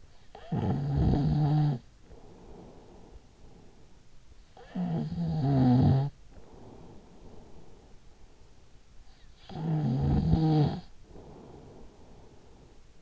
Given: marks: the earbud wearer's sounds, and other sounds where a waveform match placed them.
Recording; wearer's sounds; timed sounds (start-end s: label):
sounds in sleep by an in-ear microphone; snoring breath
0.00-3.91 s: snoring breath
4.19-8.40 s: snoring breath
8.65-13.02 s: snoring breath